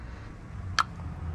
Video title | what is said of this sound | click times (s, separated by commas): These are the Brakes! How to change disc brakes specifically on the front of a 2010 Ford Escape | natural torque wrench going go until you hear a click | 0.8 s